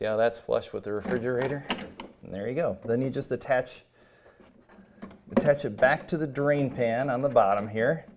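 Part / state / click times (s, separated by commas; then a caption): P-trap drain tube into refrigerator drain pan / not seated / none. Someone talks while handling a P-trap drain tube that goes onto the plastic drain pan at the bottom of a refrigerator, with soft handling noises and brief knocks around 5.1 and 5.4 seconds. The clip ends before the tube snaps into the drain pan, so nothing has seated or clicked yet.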